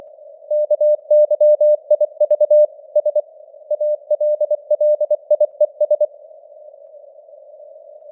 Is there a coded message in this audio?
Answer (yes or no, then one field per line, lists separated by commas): yes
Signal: Morse code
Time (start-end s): 0.5-6.0 s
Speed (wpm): 24 wpm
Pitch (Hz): 600 Hz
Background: none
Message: KYIV S ALLIES